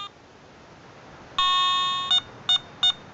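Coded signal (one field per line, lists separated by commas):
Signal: beep code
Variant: ATX metal detector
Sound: one long electronic tone, then three short beeps in quick succession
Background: quiet room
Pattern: 1 long, 3 short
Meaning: The detector has found a quiet operating frequency and is ready to use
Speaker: we'll get the beeps to indicate that it's got a quiet operating frequency and we're away. There we go, 3 beeps ready to go.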